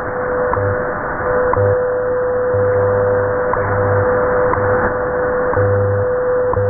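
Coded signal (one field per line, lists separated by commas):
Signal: radio time signal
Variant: WWV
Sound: steady 500 Hz tone with a short tick every second, low buzzing pulses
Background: radio static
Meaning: Ticks mark each UTC second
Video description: Time signals from Colorado received loud and clear, with Hawai barely audible in the background on 10 mHz.around 0620 UTC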